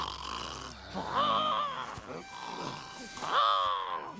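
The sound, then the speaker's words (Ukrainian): A voice mimics how another character snores while sleeping: two long, rasping snorts with a wavering nasal rumble, separated by a short breathy pause, with no actual words spoken. “От тільки гладкий хропеш, а хропеш отак.”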